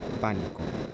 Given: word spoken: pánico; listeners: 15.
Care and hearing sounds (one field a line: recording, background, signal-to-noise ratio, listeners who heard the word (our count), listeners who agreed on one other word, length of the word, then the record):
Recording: one Spanish word in noise, from a listening test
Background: noise modulated by three-talker babble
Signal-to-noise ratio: 3.6 dB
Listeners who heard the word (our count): 2 of 15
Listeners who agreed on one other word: 8 of 15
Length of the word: 0.54 s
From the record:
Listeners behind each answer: 8, 2, 2, 1, 1, 1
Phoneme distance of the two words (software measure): 27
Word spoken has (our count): 3 syllables, 6 phonemes, stress on syllable 1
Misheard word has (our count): 2 syllables, 5 phonemes, stress on syllable 1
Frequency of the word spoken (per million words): 15.20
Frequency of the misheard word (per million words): 159.55